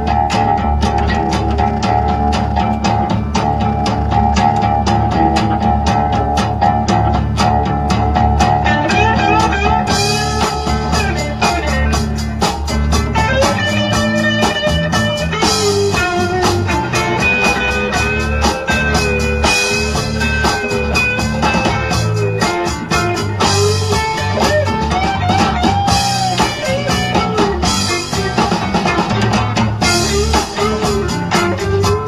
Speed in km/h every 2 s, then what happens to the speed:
66, 77, 90, 95, 101, 103, 105, 106, 105, 105, 103, 98, 98, 101, 100, 97.
0-13 speeds up to 106. 13-28 steady at about 101.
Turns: none.